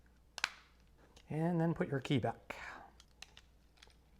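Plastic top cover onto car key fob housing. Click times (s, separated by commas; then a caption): 0.4 s. A plastic top cover is pressed back onto the housing of a RAV4 car key fob after a battery replacement, giving two sharp snaps at 0.4 s and 0.4 s as it seats in place. Someone then talks briefly, followed by a few faint ticks.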